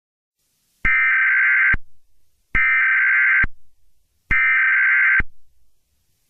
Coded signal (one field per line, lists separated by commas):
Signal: Emergency Alert System (SAME) tones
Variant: header bursts